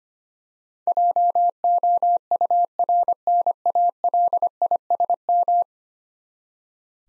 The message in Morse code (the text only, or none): JOURNALISM